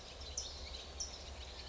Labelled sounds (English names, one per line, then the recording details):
California Towhee
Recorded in Sonoma County, California